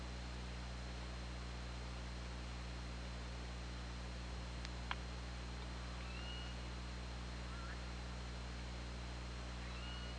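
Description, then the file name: Killer whale calls: several faint, short tonal calls in the second half, each level or slightly curved, over steady hiss, low hum and a sharp click. OrcaLab hydrophone, 24 August 2017 at 21:46. "Orca Lab UTLN 20170824 214657"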